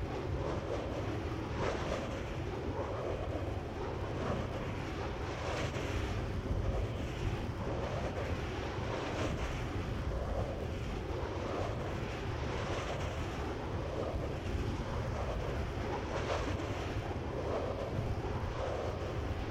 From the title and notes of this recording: Giant three-bladed wind turbines dominating the landscape of the Wild Horse Wind Facility in Kittitas County, WA. Each blade in the length of a 747, so just imagine three jetliners spinning around overhead. Wild Horse Wind Facility Turbines.